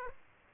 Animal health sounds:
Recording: mosquito wingbeat signal from an infrared sensor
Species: Aedes aegypti

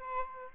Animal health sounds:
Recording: mosquito wingbeat signal from an infrared sensor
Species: Aedes albopictus

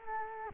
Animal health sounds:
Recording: mosquito wingbeat signal from an infrared sensor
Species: Culex quinquefasciatus

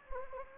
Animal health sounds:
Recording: mosquito wingbeat signal from an infrared sensor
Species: Anopheles gambiae

